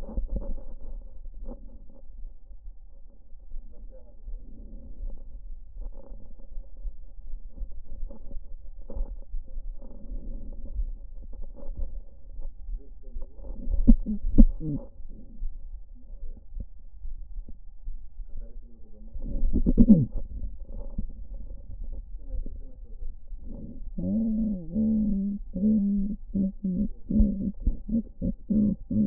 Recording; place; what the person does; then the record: lung sounds by stethoscope; left anterior apical chest; quiet breathing, then cough and speech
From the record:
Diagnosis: COPD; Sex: female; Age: 72 years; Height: 156 cm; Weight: 72 kg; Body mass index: 29.6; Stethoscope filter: diaphragm mode